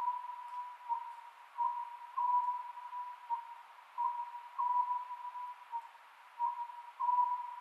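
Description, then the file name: Oriental scops owl calls, short notes in phrases repeating at an even pace over a steady continuous tone. Recorded 27 May 2010 at 22:21. "konohazuku-20100527-2221"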